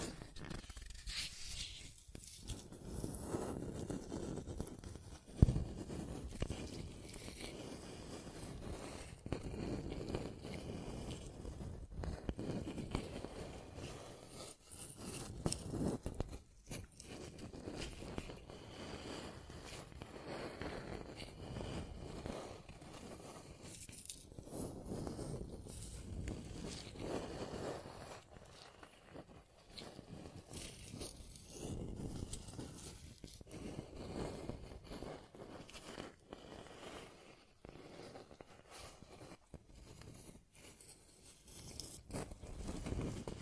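Scratching and tracing sounds run through the whole recording as a continuous rough rubbing, thickest in the low and middle range. The strokes come in uneven bursts with brief pauses, and a sharp tap stands out near five seconds.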